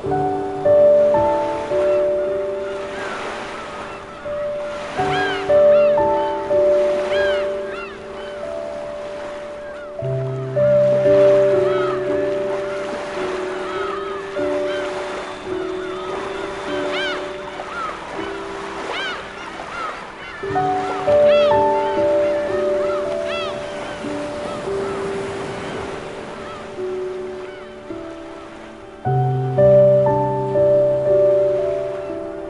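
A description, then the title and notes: Soft music plays over ocean waves. Held low chords change about every five seconds, with gentle melody notes drifting above them. Beneath it, a steady wash of surf swells and recedes in slow, repeated waves through the whole clip. 夏天的海洋| Healing Music-Ocean in Summer. 這首舒緩音樂結合海邊的聲音. This track combines with soft music and ocean waves.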